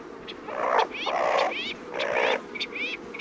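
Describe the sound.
Brown teal calls: harsh noisy bursts alternating with short rising whistled notes with stacked harmonics, several in quick succession.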